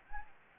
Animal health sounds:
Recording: mosquito wingbeat signal from an infrared sensor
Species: Anopheles gambiae

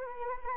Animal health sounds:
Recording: mosquito wingbeat signal from an infrared sensor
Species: Anopheles arabiensis

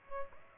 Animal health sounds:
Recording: mosquito wingbeat signal from an infrared sensor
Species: Aedes aegypti

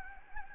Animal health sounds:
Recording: mosquito wingbeat signal from an infrared sensor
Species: Anopheles gambiae

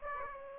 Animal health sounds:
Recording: mosquito wingbeat signal from an infrared sensor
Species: Aedes aegypti

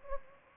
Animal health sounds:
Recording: mosquito wingbeat signal from an infrared sensor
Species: Anopheles gambiae

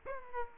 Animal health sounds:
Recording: mosquito wingbeat signal from an infrared sensor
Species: Aedes aegypti

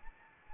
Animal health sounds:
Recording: mosquito wingbeat signal from an infrared sensor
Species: Anopheles arabiensis

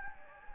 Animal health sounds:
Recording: mosquito wingbeat signal from an infrared sensor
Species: Anopheles gambiae

